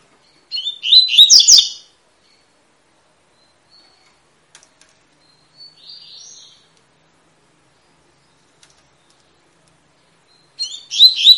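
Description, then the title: Double-collared seedeater song: a bright burst of warbled, slurred notes, a soft buzzy note in the middle of a quiet stretch, then the phrase begins again. Tui-tui song type, fibra (spirited) bird; teacher song used to train young birds. "COLEIRO TUI TUI FIBRA"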